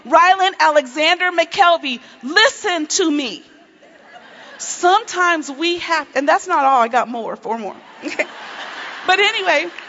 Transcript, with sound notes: Rylan Alexander McKelvy! Listen to me.” (laughter) Sometimes we have... And that's not all; I’ve got more... four more. (laughter) But anyway,